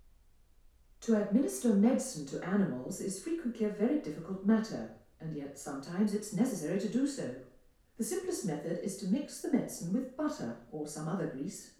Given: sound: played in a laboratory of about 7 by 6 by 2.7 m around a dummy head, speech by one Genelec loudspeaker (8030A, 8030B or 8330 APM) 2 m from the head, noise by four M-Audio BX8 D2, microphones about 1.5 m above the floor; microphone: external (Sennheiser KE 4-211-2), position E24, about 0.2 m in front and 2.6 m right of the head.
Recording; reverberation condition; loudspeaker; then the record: female speech in English; medium; 150 degrees to the left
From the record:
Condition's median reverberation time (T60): about 510 ms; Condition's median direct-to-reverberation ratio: about -0.5 dB